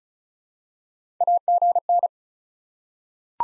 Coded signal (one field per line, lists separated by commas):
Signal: Morse code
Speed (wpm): 36 wpm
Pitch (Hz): 700 Hz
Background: none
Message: AGN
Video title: Top 20 QSO Elements 35wpm